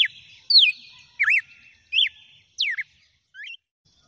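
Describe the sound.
Red-cowled cardinal delivers six sweet whistled notes, some dropping steeply, others looping down and up, spaced roughly every two-thirds of a second, the last one softer.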